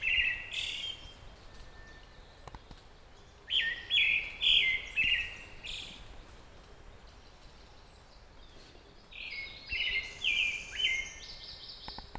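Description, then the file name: Pale thrush singing three short phrases of loud whistled notes trailing into faint high squeaky notes, with pauses of several seconds between them, over soft background noise. "thrush-pale -Turdus-pallidus"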